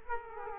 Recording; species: mosquito wingbeat signal from an infrared sensor; Culex quinquefasciatus